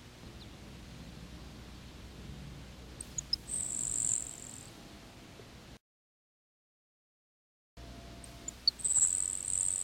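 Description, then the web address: Grasshopper sparrow song: two very high, thin insect-like buzzes, each after a few faint ticking notes, about five and a half seconds apart, over soft steady background hiss with a brief silent gap. "101 Bird Songs. Grasshopper Sparrow"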